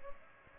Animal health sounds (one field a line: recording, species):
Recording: mosquito wingbeat signal from an infrared sensor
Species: Culex pipiens